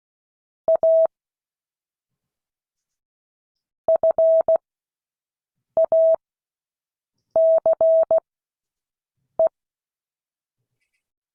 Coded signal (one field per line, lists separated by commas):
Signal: Morse code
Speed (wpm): 16 wpm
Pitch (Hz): 650 Hz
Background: none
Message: A FACE